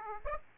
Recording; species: mosquito wingbeat signal from an infrared sensor; Aedes aegypti